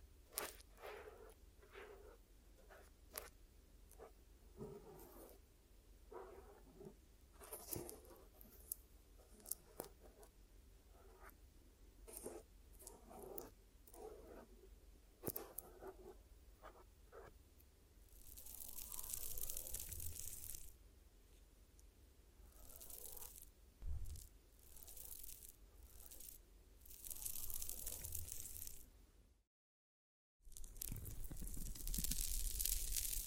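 Ear massage and cleaning sounds: soft rubbing and crinkly scratching in quick, uneven bursts for the first twenty seconds. Then longer, brighter hissing swipes and rustles take over, with a brief moment of complete silence near the thirty-second mark before the rubbing resumes.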